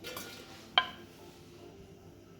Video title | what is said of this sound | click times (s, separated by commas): Motherhood is GROSS- Shop, Cook & Can Spicy Dill Pickles With Me! | you hear that pop that | 0.8 s